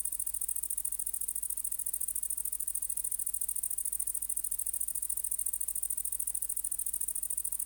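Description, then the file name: Great green bush-cricket song, an unbroken high-pitched rattling buzz with quick even pulses throughout, and a soft low hum beneath. "Tettigonia viridissima"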